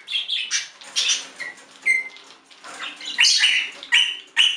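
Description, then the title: Budgerigar chattering, a rapid mix of scratchy chirps and short whistles, uneven in rhythm. "Budgie Sounds"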